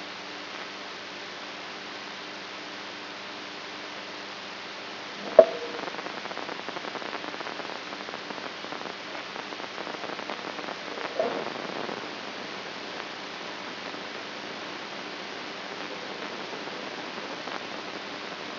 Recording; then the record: brain microelectrode recording played as sound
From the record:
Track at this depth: outside the subthalamic nucleus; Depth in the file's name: 7.105 mm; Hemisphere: right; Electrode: 2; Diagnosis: Parkinson's disease